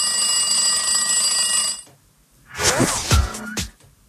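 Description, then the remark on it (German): A telephone at a radio show rings loudly in one continuous bright, buzzing peal for almost two seconds as a listener calls in, then stops; after a pause comes a short, breathy vocal burst. “Das Telefon, ja?”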